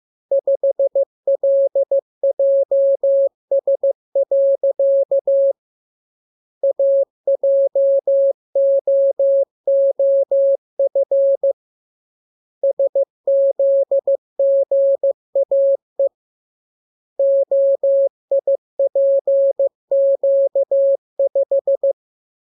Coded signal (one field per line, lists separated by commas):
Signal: Morse code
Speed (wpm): 15 wpm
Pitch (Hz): 550 Hz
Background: none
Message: 5LJS. AJOOF SZGAE OIPQ5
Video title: Learning Morse Code. Lesson 26. Letter KMURESNAPTLWI.JZ=FOY,VG5/Q9